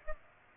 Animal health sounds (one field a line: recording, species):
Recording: mosquito wingbeat signal from an infrared sensor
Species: Aedes aegypti